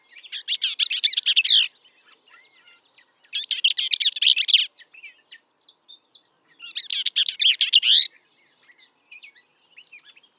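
Bell's vireo giving three hurried, harsh, twittering song phrases separated by pauses, with faint softer notes in between.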